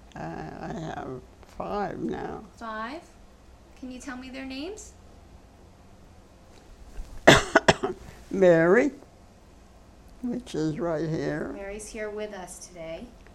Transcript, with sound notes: Uh, I have five now.
Five? Can you tell me their names?
( she coughs ) Mary, which is right here.
Mary's here with us today.